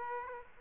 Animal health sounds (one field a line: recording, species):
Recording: mosquito wingbeat signal from an infrared sensor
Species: Aedes aegypti